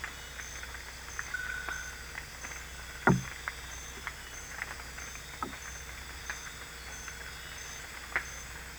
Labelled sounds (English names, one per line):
none